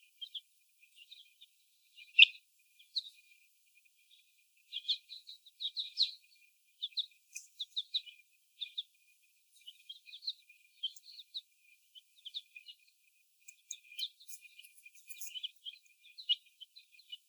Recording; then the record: young laying hens in a cage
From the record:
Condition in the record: before the stressor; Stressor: sudden umbrella opening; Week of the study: 1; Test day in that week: 1